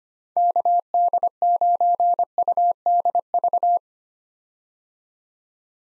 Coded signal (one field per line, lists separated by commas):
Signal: Morse code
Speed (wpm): 25 wpm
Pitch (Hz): 700 Hz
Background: none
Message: KD9UDV